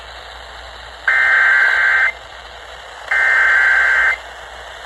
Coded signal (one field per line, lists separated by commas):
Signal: Emergency Alert System (SAME) tones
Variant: header bursts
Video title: Severe Thunderstorm Warnings SE Georgia — EAS Alert Capture | EAS #343-344 (6/23/2026)